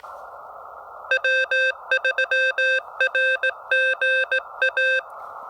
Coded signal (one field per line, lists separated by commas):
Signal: Morse code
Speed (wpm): 16 wpm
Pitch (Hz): 1550 Hz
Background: none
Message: W3RGA